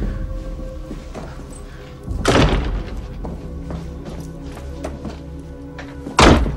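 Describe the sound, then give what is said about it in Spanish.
Two heavy, solid thuds of the outer and inner doors of a suite in an old, solidly built hotel shutting, the first around two seconds in and a louder one near the end, over a low steady hum with faint clicks between. “Puerta externa, puerta interna.”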